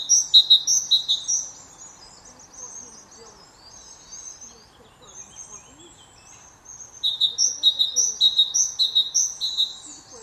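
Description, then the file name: Great tit singing, bursts of quick two-note phrases alternating high and lower pitch, a quieter pause with softer notes, then another loud repeated run. "Parus major"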